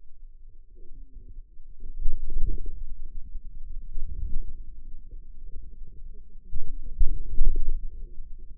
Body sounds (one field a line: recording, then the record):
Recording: forearm muscle sounds (acoustic myography)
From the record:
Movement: inward rotation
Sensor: system 2, bracelet of six BSWA MPA416 microphones around the upper forearm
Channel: 6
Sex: female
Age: 21 years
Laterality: right